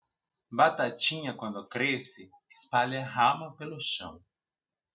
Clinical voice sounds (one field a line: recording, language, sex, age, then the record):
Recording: short text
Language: Brazilian Portuguese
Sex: male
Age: 40 to 49 years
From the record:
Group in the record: control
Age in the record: 43 years